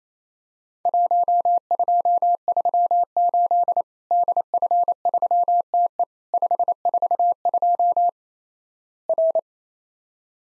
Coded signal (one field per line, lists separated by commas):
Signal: Morse code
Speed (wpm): 28 wpm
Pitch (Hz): 700 Hz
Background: none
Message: 1238 DF3TE 542 R